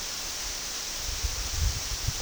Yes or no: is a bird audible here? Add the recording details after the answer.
no. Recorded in secondary vegetation near Puerto Asís, Putumayo, Colombia, on 21 February 2024 at 12:30. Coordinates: 0.472, -76.331. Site G6371